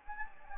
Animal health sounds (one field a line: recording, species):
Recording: mosquito wingbeat signal from an infrared sensor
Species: Anopheles gambiae